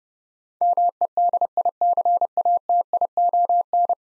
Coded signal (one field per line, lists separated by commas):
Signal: Morse code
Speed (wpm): 32 wpm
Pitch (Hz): 700 Hz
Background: none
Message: MEDICATION